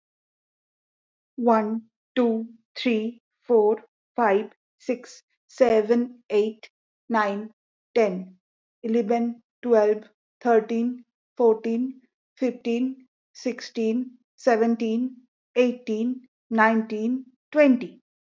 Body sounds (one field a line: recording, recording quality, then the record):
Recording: counting at a normal pace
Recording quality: excellent, no background noise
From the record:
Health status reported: respiratory illness, not identified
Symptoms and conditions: asthma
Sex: female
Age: 37 years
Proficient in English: yes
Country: India